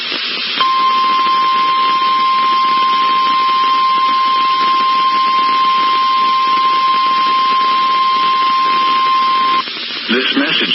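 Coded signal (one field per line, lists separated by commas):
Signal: Emergency Alert System (SAME) tones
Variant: 1050 Hz attention tone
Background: speech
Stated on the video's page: Double tornado warning alert for a Missouri statewide drill, received on NOAA Weather Radio, St. Louis.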